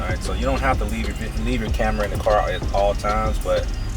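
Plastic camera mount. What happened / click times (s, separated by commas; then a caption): Handled, not yet home: no seating click heard / none. A Thinkware dash camera is handled at its quick-release windshield mount in a 2018 Mercedes C63 while someone talks over background music. The camera has not seated or clicked into the mount yet.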